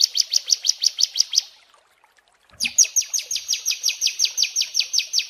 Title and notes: Masteran Terapi Prenjak Durasi Panjang. Burung Prenjak